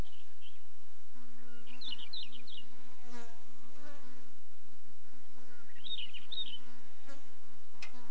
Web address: Hume's wheatear. صدای-پرنده-چکچک-شکم-سفید